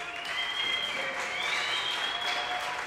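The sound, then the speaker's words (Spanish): Sustained audience applause for the Tropo ensemble at the first Festival Son de tu Ciudad, a dense steady wash of clapping hands at an even loudness throughout, with faint tonal ringing or whistles threading through the noise. “Bueno, pues un fuerte aplauso al ensamble Tropo y les agradecemos su participación en la primera edición del Festival Son de tu Ciudad.”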